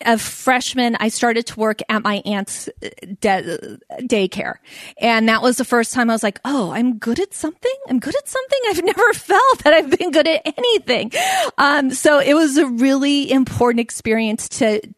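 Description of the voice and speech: Adult woman who stutters, speaking in English. Her stuttering includes repetitions and blocks.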